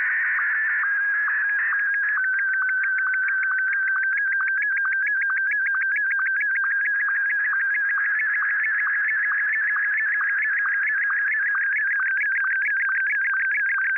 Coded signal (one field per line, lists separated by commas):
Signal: SSTV (slow-scan television)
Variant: Martin 1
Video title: SSTV with Standard Multimod VHF Base Station C5400